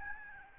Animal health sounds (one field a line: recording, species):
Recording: mosquito wingbeat signal from an infrared sensor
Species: Aedes albopictus